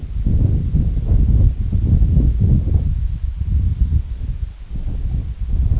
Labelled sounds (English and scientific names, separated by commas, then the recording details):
none
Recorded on Arctic tundra, site IGLO-D, on 25 June 2018
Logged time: 06:00